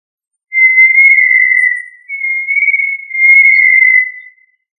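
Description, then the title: Tinamou call of three joined, level whistles with a slight waver in pitch and nothing else heard. "Familia Tinamidae - Quail - Puyuh"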